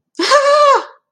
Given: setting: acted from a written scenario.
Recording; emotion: vocal sound without words; positive surprise